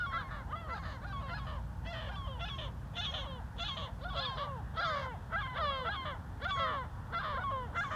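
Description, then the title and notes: Several gulls calling together, a dense run of hoarse, falling cries, over a constant low hum of traffic. Gulls at a cliff edge above Puerto de Las Nieves harbour, Agaete, Gran Canaria, Spain; harbour activity and cars below; spaced-pair (AB) microphones into a MixPre-3 recorder. "GC-200, 35489 Agaete, Las Palmas, Espagne - Mouettes - Seagulls. Des mouettes en bord de falaise, en bas l'activité de Puerto de Las Nieves, et les voitures"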